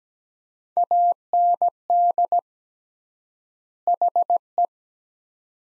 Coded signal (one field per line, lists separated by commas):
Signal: Morse code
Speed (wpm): 17 wpm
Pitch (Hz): 700 Hz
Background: none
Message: AND HE